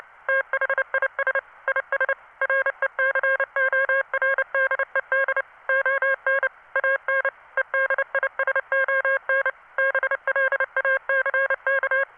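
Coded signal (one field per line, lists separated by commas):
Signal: Morse code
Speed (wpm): 29 wpm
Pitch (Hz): 1600 Hz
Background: none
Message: THIS IS RECORDED ON AN EDISON BLACK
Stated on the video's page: Morse produced by a text-to-Morse converter as a test message.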